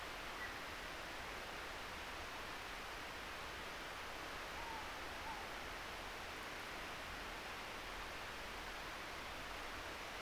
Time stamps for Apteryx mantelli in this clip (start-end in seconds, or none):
none